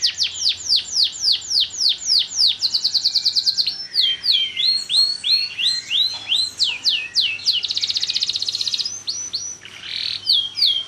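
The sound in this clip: Bird song opening with a string of falling whistles, then buzzy trilled phrases and scratchy notes, mixed and restless, with a low hum in the background.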